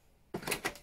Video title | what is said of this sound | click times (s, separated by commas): Bebecar Novo Pack (Winter Sale) | as you can see that just clicks on | 0.3 s